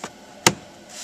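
A dashboard trim piece with two grooves is pressed into its mounting grooves under the dash. After a faint tap near the start, a sharp, loud snap at 0.5 s marks it seating in place, and someone talks.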